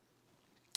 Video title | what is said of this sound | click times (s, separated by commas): Gerber Fastball - EDC Knife? Quality Control Issues & Thoughts | have a little bit of a little bit of pressure here till that detent clicks and then | 0.8 s